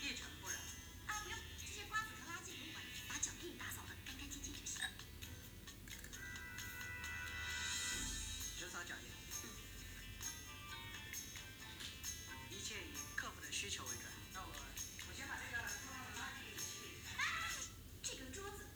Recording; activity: daily activity, guitar pickup as the sensor; browse video